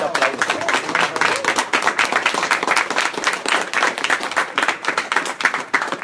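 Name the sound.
audience applause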